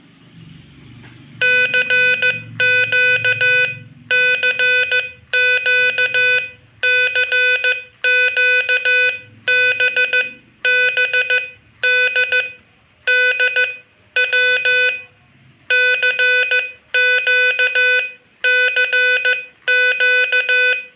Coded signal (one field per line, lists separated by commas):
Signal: Morse code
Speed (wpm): 15 wpm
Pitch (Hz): 1500 Hz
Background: none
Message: CQ CQ CQB B D D W CQ CQ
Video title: Decoder CW by YB1BBW